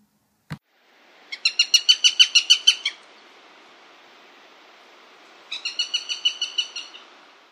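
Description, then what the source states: Eurasian Sparrowhawk calling: two bursts of rapid, high, chattering notes separated by a pause, with steady background hiss. Two bursts of calls, higher pitched and delivered more quickly than goshawk calls.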